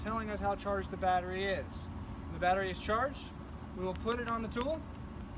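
Someone talks while handling a charged 18/22 V battery pack about to be slid onto the battery slide of a powered fastening tool, with a low steady background rumble. The clip ends before the pack latches; nothing has clicked into place yet.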